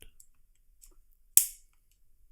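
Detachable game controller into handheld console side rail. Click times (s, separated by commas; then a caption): 1.4 s. A second detachable controller is slid onto the other side rail of a Nintendo Switch handheld console, with only faint soft rustles beforehand. A single loud, sharp click at 1.4 s marks it locking home, and the controller is seated.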